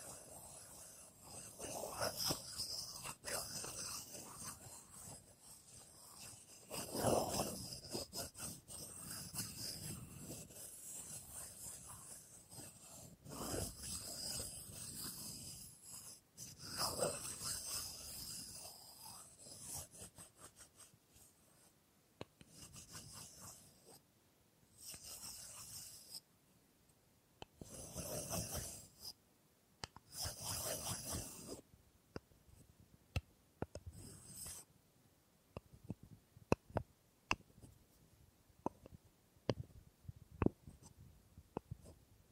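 Wooden objects are scraped, tapped and rubbed in a slow, irregular sequence of dry rasping strokes. The first twenty seconds hold longer, denser scrapes; later come shorter bursts and sharp clicks or taps, growing sparser and more isolated toward the end, with quiet gaps between.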